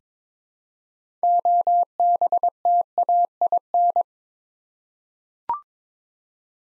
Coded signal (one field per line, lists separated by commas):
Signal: Morse code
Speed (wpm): 21 wpm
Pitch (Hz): 700 Hz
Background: none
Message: OBTAIN